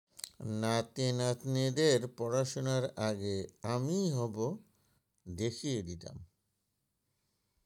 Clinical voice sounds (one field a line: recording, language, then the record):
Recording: elicited speech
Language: Bengali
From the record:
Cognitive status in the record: dementia